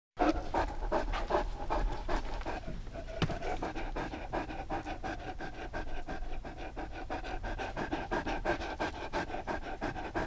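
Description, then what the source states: Dog panting steadily and rapidly, about three breaths per second. Panting with some whining.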